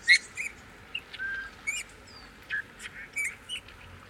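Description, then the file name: Eurasian bullfinch producing short, plaintive whistles, including a flat drawn-out note. "Pyrrhula pyrrhula"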